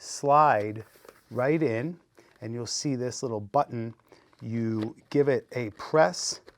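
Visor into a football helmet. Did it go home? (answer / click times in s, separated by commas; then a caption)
no / none. Someone talks while a plastic visor is slid into a Riddell football helmet and its small button is pressed, with only faint handling sounds under the speech. Nothing has clicked or seated yet by the end of the clip.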